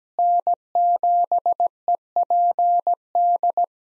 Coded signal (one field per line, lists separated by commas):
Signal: Morse code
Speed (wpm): 17 wpm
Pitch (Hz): 700 Hz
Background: none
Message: N7EPD